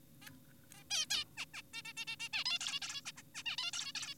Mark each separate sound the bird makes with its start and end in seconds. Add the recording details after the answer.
0.22-0.31, 0.74-0.83, 0.90-1.06, 1.10-1.25, 1.37-1.46, 1.54-1.62, 1.74-1.82, 1.85-1.93, 1.97-2.05, 2.08-2.16, 2.20-2.29, 2.33-2.44, 2.46-2.59, 2.61-2.80, 2.82-3.01, 3.06-3.12, 3.17-3.22, 3.35-3.43, 3.46-3.56, 3.58-3.71, 3.73-3.92, 3.95-4.14. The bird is an adult. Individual g4p5U